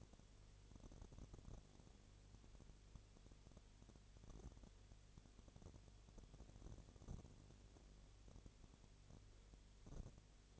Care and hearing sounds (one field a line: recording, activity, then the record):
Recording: daily activity, microphone in the room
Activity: no activity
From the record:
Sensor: 4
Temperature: 22.6 degrees Celsius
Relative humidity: 32.0%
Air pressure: 1008.1 hPa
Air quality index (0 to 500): 114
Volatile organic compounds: 2 ppm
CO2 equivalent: 1104 ppm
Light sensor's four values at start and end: 2/3/1/1 and 2/3/1/1